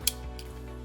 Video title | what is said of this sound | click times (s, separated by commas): One Touch Delica Lancing Device and Lancets - Instructions how to use | and again we want to pull back on the button here to charge the spring you can hear it click and | 0.1 s